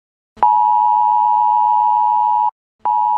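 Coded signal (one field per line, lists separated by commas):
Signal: Emergency Alert System (SAME) tones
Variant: 853 and 960 Hz attention tone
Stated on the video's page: Simulated EAS scenario made with CapCut, fan horror recreation rather than a real alert.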